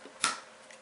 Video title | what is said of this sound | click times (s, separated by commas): Viking Rune Stone--Day 7 | I heard it snap so I know that it is sealed and ready for the | 0.2 s